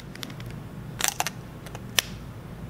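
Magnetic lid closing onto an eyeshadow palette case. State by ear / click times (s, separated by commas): seated / 2.0 s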